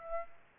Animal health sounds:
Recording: mosquito wingbeat signal from an infrared sensor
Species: Aedes aegypti

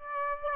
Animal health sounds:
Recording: mosquito wingbeat signal from an infrared sensor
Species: Aedes aegypti

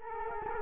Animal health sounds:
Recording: mosquito wingbeat signal from an infrared sensor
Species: Culex quinquefasciatus

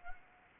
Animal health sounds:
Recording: mosquito wingbeat signal from an infrared sensor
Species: Anopheles arabiensis

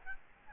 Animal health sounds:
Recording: mosquito wingbeat signal from an infrared sensor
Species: Aedes albopictus

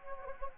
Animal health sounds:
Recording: mosquito wingbeat signal from an infrared sensor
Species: Anopheles gambiae

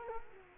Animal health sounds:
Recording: mosquito wingbeat signal from an infrared sensor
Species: Culex quinquefasciatus

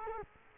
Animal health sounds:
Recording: mosquito wingbeat signal from an infrared sensor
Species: Culex quinquefasciatus

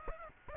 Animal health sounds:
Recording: mosquito wingbeat signal from an infrared sensor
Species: Aedes aegypti

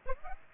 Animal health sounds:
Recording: mosquito wingbeat signal from an infrared sensor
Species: Aedes aegypti

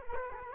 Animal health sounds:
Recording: mosquito wingbeat signal from an infrared sensor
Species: Culex quinquefasciatus

